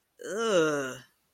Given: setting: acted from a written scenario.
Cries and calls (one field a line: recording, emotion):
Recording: vocal sound without words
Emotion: disgust